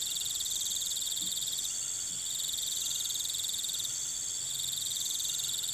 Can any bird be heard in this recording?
no